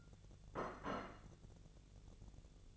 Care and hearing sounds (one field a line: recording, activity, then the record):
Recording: daily activity, microphone in the room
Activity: place plate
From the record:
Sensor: 4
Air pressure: 1001.0 hPa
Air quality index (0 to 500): 144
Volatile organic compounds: 2 ppm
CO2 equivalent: 1060 ppm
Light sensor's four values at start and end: 26/62/26/27 and 26/62/26/27